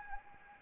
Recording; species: mosquito wingbeat signal from an infrared sensor; Anopheles gambiae